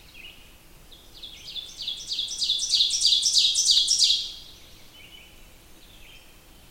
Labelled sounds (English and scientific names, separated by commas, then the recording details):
Ovenbird (Seiurus aurocapilla) song
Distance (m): 20 m
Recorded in boreal forest in Alberta, Canada, on 20 June 2016 at 05:57
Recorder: SongMeter 3, array SBT-6-81
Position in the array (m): 154 m, 261 m
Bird 25